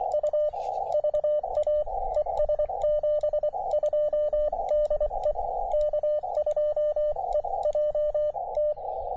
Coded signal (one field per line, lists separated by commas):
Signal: Morse code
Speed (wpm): 23 wpm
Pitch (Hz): 590 Hz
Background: radio noise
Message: U VA ES 72 DE K2EJT